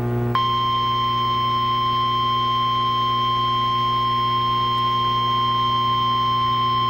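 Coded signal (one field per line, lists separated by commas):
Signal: Emergency Alert System (SAME) tones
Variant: 1050 Hz attention tone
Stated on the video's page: Fox affiliate TV station relaying a Coffee County severe thunderstorm warning via weather radio station WXM57.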